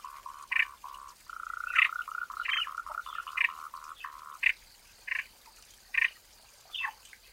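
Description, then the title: Frog calls: a rapid rattling trill running in bursts, overlaid by separate louder, clipped notes repeated at intervals. Frogs calling in a forest. "林中蛙鸣鸟鸣"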